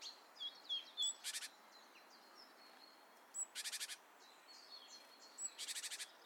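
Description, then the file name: Great tit calls: three loud, harsh, rattling buzzes spaced a couple of seconds apart, with faint high whistles and chirps from other birds in the background. "Parus major"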